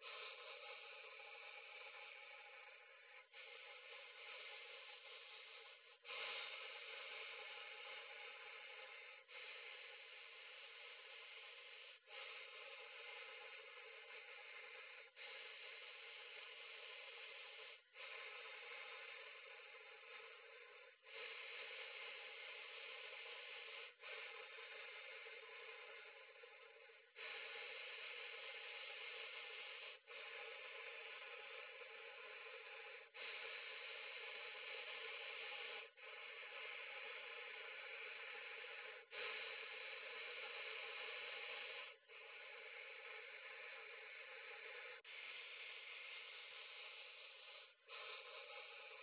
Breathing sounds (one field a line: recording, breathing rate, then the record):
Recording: paced breathing near a phone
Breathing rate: 10 breaths a minute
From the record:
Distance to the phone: 40 cm